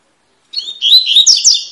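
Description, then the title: Double-collared seedeater giving a quick, high song of whistled slides and buzzy notes. Tui-tui song style of fibra-quality bird, used as a teacher song for training young birds. "COLEIRO TUI TUI FIBRA"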